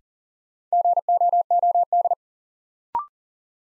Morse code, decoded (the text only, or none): GOOD